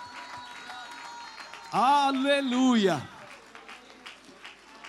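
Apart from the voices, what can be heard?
audience applauding in praise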